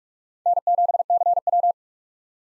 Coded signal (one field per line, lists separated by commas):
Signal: Morse code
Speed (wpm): 42 wpm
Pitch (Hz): 700 Hz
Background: none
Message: N7CW